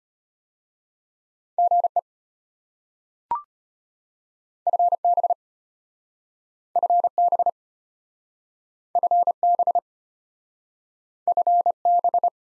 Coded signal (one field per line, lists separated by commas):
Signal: Morse code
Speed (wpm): 33 wpm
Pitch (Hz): 700 Hz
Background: none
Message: GE FB FB FB FB